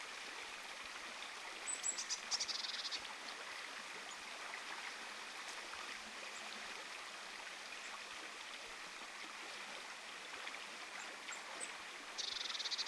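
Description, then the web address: Eurasian blue tit giving two brief buzzy churring bursts, one early and one at the end, over a steady rushing stream. Blue tits, more than one, giving normal vocalisation recorded for comparison on 27 August 2026. "paivat 27 8 2026 vertailuksi normaalia sinitiaisten aantelya"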